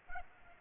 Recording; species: mosquito wingbeat signal from an infrared sensor; Culex pipiens